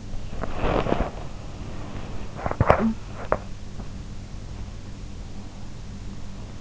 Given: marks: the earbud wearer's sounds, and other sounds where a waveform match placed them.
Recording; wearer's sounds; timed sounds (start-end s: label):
sounds in sleep by an in-ear microphone; body movement, teeth grinding
0.00-2.33 s: body movement
2.33-3.96 s: teeth grinding